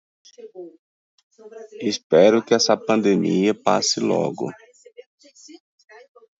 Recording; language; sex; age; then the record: short text; Brazilian Portuguese; male; 40 to 49 years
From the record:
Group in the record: control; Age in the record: 47 years